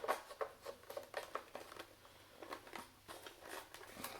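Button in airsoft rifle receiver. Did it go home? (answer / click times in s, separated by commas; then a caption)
no / none. Handling sounds as a button is worked into the receiver of an ARMY KU906 AUG CQB airsoft rifle from the opposite side after some fumbling, with sharp plastic taps and scrapes at about 0.4, 1.2, 1.4 and 4.0 seconds. Nothing has seated or clicked into position yet; the clip ends just before the button goes home.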